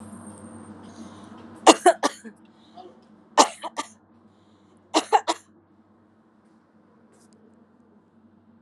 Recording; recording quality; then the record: heavy voluntary cough; excellent, no background noise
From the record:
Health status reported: COVID-19 positive, mild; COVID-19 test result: positive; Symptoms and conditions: loss of smell and taste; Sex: female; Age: 55 years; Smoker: not ticked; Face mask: not worn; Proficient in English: yes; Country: India